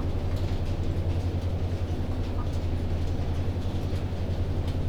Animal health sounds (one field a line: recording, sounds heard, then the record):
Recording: poultry house recording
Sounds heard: healthy chickens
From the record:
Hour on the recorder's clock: 0